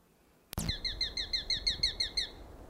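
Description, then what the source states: Sharp-shinned hawk giving a rapid series of several sharp, high kek notes, evenly spaced, after a single loud click. Recorded on July 25, 1995.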